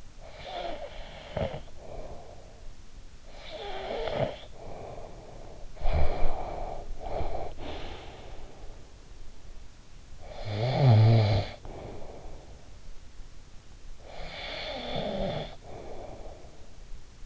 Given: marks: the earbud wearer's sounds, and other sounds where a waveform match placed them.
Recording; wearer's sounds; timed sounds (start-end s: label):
sounds in sleep by an in-ear microphone; snoring breath, breath
0.00-2.85 s: snoring breath
3.11-5.71 s: snoring breath
5.71-8.83 s: breath
9.99-12.66 s: snoring breath
13.79-17.14 s: snoring breath